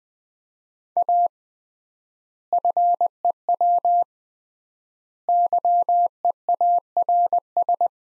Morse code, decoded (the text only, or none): A FEW YEARS